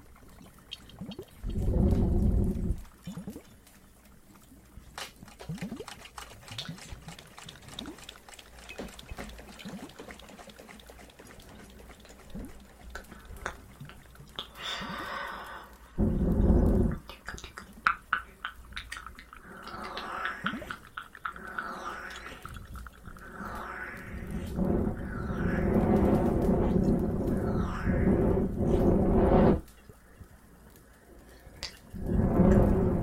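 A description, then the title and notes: Water trickles and drips over a low crackling fire, with scattered sharp pops and ticks throughout. Loud low thumps or rumbles rise at about 2, 16 and 32 seconds, and from about 20 to 29 seconds a thicker, rougher murmuring swells before fading out. Some more Cave ASMR, Water and Fireplace added.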